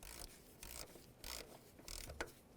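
A torque wrench set to 71 inch-pounds tightens the ignition coil mounting bolt on a 2009–2020 Dodge Journey. Bursts of ratcheting and rasping are heard as the bolt is turned. The wrench clicks at its setting at 2.2 s.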